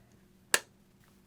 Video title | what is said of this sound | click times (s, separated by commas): Arai Defiant-X Helmet Review - Sportbike track Gear | kind of rotate it around till it dips in click | 0.5 s